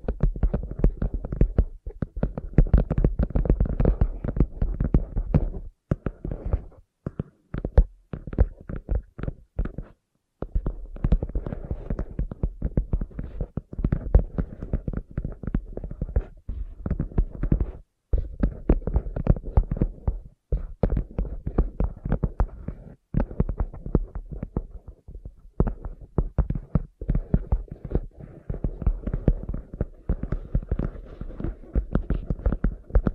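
Sensitive tapping goes on for the whole clip as dense, rapid clusters of soft taps with a low, thudding body. The pace is uneven, broken by brief silent gaps near 6, 10, 18, 20 and 25 seconds before the tapping resumes.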